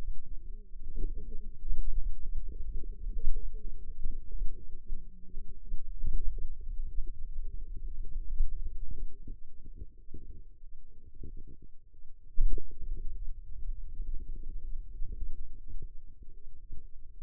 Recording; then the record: forearm muscle sounds (acoustic myography)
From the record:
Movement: finger pinch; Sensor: system 2, bracelet of six BSWA MPA416 microphones around the upper forearm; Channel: 5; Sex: female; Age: 21 years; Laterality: right